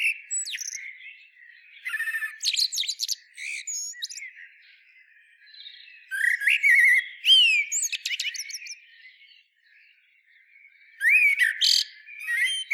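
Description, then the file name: Eurasian blackbird song in short bursts: rising whistled notes and harsh chattering phrases separated by pauses of a second or more. "Turdus merula"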